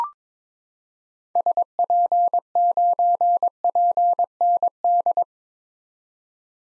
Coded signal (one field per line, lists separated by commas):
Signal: Morse code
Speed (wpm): 22 wpm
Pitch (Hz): 700 Hz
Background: none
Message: SP9PND